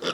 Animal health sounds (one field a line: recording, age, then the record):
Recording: pig call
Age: piglet (1 to 25 days)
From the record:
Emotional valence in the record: positive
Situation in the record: before nursing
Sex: male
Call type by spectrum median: low-frequency call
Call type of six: low-frequency tonal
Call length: 0.14 s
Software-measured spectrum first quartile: 689 Hz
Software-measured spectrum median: 1563 Hz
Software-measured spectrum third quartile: 3483 Hz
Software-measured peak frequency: 470 Hz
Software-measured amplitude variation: 135 dB a second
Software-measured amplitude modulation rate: 10.5 a second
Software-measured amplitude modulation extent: 12.8 dB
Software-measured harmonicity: -0.4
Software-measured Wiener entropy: -1.72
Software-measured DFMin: 875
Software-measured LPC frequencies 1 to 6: 486, 1346, 1939, 2893, 3423, 4847 Hz